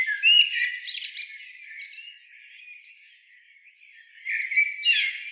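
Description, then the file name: Common blackbird, a loud burst of squeaky twittering at the start, a long soft warbling stretch, then more high twitters near the end. "Turdus merula"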